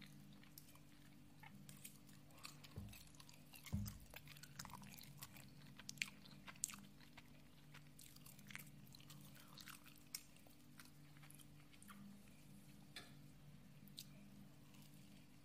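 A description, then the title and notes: A person eating, with frequent short crunching and biting clicks scattered through the whole stretch, irregular but fairly dense. A steady low hum runs underneath throughout, and a slightly heavier bump of sound comes near the fourth second. A PERSON EATING.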